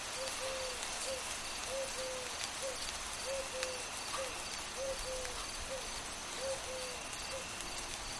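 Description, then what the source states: Owl hooting: short low hoots in a repeating phrase, over steady rain. Occasional owl hooting on a night of light rain.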